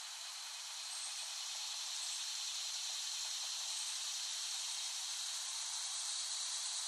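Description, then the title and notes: Cicadas in a continuous high buzzing drone that swells a little after the first second and holds steady. Cicadas in West Brighton, Staten Island, late summer 2008. "Dronecast No. 021: The Cicadas of Summer. Recording of cicadas made by Dan Bodah in West Brighton, Staten Island, late summer 2008"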